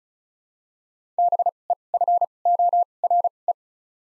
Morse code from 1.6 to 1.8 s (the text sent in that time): E